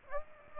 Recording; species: mosquito wingbeat signal from an infrared sensor; Aedes aegypti